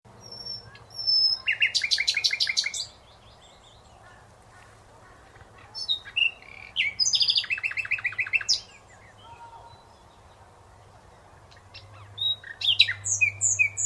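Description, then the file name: Common nightingale song with fast rattling trills, then another burst of repeated notes, a pure whistled note and a short high phrase, over a faint low hum. "Luscinia megarhynchos"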